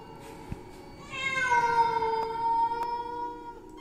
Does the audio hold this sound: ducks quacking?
no